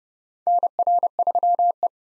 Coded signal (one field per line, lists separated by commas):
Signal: Morse code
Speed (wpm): 30 wpm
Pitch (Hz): 700 Hz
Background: none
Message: NR3E